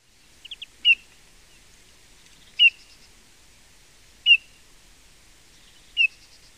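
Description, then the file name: Eurasian bullfinch giving soft, short piping whistles, four clear notes roughly every one and a half to two seconds, with a few fainter short notes just before the first; quiet background. "Pyrrhula pyrrhula"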